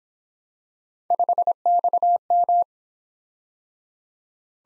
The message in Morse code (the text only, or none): 5XM